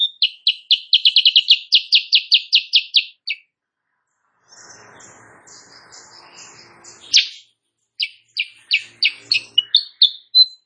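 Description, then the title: Sooty-headed bulbul song: a quick chain of chirps, a noisy gap, then varied bright notes and short phrases. Morning singing of a Kutilang Sutra used as a tutor recording for training songbirds; described as singing constantly and prompting rival birds to answer. "Masteran Kutilang Sutra. Kutilang Sutra GACOR pagi hari bikin lawannya AUTO NYAUT"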